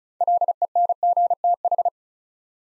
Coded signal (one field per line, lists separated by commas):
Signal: Morse code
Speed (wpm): 36 wpm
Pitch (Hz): 700 Hz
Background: none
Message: LENGTH